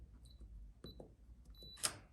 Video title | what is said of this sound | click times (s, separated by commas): How to open electronic lock | you hear the click, you see it blink, turn the knob, the door is open. | 1.9 s